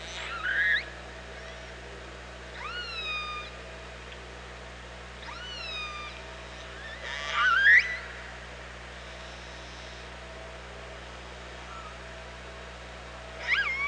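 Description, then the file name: Orca calls, a handful of short upswept and downswept squeals spaced by quiet gaps, one louder rising squeal near the middle, with a steady hum beneath. OrcaLab hydrophone, 24 August 2017, 07:48. "Orca Lab UTLN JASON 20170824 074812"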